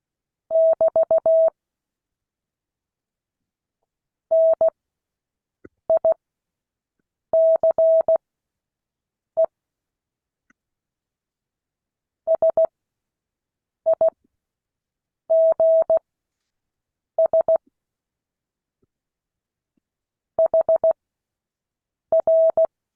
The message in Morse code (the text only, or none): <BT> NICE SIGS HR